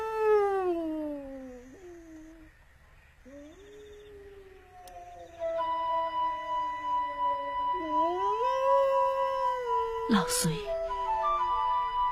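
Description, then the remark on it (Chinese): Long, wavering wolf howls rise and fall in pitch, with an old man howling back in imitation, his voice joining and overlapping them; a brief sharp burst cuts through near the end. “这老伙计还来劲儿了，我再给他回两声。”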